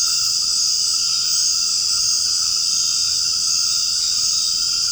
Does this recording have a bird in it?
no